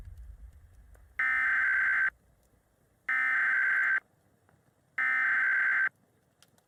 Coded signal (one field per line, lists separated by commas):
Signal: Emergency Alert System (SAME) tones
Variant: header bursts